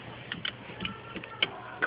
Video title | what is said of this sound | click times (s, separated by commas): CJ's Driver's Checklist | click you should hear a clicking sound that means that it works and the click | 1.4 s